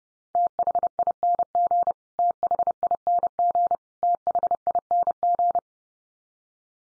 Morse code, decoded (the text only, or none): THING THING THING